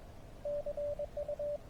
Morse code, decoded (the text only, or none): CU